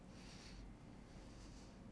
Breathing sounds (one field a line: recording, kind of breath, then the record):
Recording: one breath in and out by a microphone near the nose and mouth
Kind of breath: deep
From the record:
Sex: male